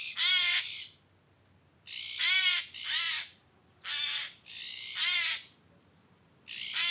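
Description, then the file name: Eurasian jay giving harsh, rasping screeches, each about half a second long, repeated irregularly several times with short quiet gaps between. "Garrulus glandarius"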